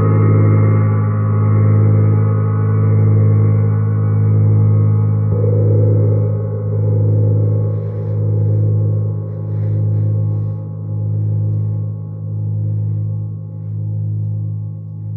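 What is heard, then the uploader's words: A Jupiter gong hums in a sustained low F#, its tone swelling and fading in slow regular waves, with a soft brighter shimmer midway. Jupiter Gong Sound Immersion. The Jupiter gong resonates at the approximate musical note of F#.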